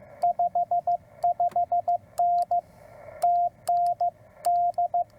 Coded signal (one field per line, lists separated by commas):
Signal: Morse code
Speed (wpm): 15 wpm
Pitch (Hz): 700 Hz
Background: radio noise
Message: 55N TN D